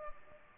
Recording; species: mosquito wingbeat signal from an infrared sensor; Culex pipiens